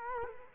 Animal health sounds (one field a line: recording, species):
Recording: mosquito wingbeat signal from an infrared sensor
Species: Culex quinquefasciatus